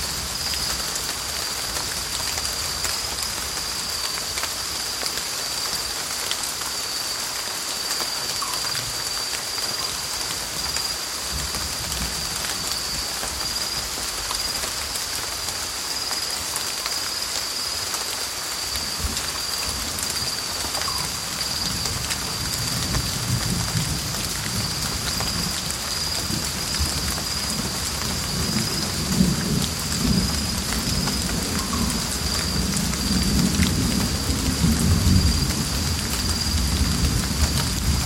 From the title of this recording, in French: Orage en foret tropicale - bruit brun